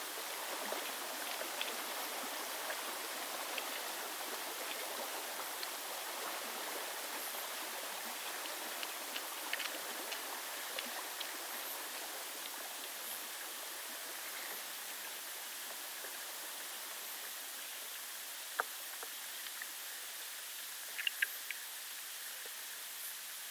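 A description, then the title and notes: A chalk river runs in a steady, dense rush of water, filling the mids and highs with a constant hiss and little low rumble. Small splashes and trickles flicker throughout, with a few brighter drips standing out near 19 and 21 seconds. A sonic immersion in the River Allen, UK, one of the world's few chalk rivers.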